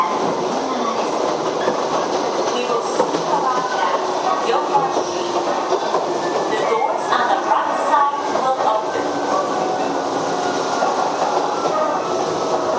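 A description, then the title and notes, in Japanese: Recorded aboard a local electric train running between two stations, with a steady, dense rumble of wheels and motor filling the car at an even level. Faint voices rise in the middle seconds, and light rhythmic rail clatter runs underneath throughout. 秩父鉄道7500系 羽生ー熊谷。秩父鉄道本線 羽生→熊谷の区間で録音。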